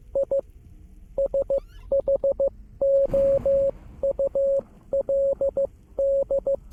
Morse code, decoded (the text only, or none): I SHOULD